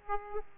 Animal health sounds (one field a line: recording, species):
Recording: mosquito wingbeat signal from an infrared sensor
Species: Aedes aegypti